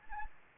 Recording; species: mosquito wingbeat signal from an infrared sensor; Anopheles gambiae